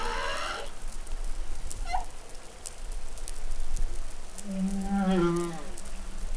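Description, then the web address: Humpback whale song: a high harmonic burst, a short squeak, then a low buzzy moan rich in overtones, with crackling sea noise throughout. Recorded in New Caledonia on 20 July 2013. "SOUNDLIB Glotin etal MEDsea Arctiqueet Pacific Baleinea Bosse Nouvelle Caledonie 20130720 Glotin"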